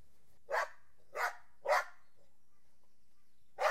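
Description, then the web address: Dog barking, four single barks, three close together then a pause before the last, over a quiet background. "The BBC Sound Effects Library. Dogs"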